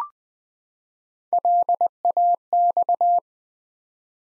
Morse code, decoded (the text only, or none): LAX